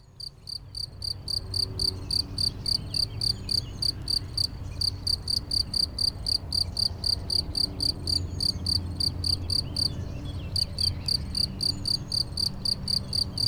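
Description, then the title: Cricket song of fast, even chirps, with brief breaks near five and ten seconds, and bird notes faintly behind. Single cricket in Chindrieux, France; among the first crickets of the season, calling intermittently for several days. "Chindrieux, France - grillon seul"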